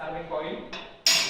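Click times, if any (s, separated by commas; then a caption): 1.1 s. The pendulum (striker) of a Charpy impact testing machine is raised to its starting position while someone talks. At 1.1 s its locking latch engages with a sharp, bright click, and the pendulum is held at the start point.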